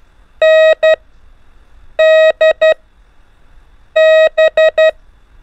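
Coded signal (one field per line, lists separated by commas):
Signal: Morse code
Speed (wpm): 11 wpm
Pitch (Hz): 630 Hz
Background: none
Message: N D B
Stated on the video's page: Morse lesson drilling the letters N, D and B in groups at increasing speed, with music.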